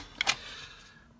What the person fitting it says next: Okay, the card snapped in.